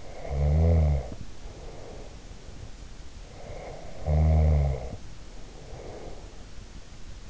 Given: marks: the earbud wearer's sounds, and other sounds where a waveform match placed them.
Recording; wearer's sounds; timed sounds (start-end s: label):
sounds in sleep by an in-ear microphone; snoring breath
0.00-2.36 s: snoring breath
3.25-6.48 s: snoring breath